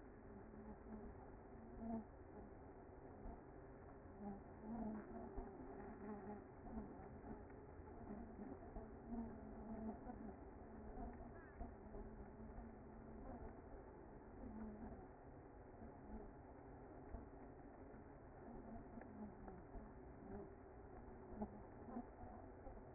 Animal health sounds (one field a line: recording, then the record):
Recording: honeybee colony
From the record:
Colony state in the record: active